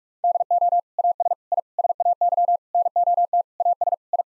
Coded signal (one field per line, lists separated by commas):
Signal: Morse code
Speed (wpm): 46 wpm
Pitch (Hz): 700 Hz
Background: none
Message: DO AS I SAY NOT AS I